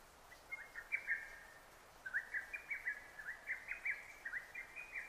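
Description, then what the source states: Lesser cuckoo song: whistled phrases of rapid, jerky notes, one short phrase then a longer run of repeated notes over steady background hiss. Recorded 6 June 2009.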